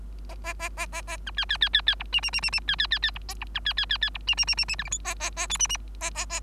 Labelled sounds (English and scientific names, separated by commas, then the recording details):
Bengalese Finch (Lonchura striata domestica) song
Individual Bird3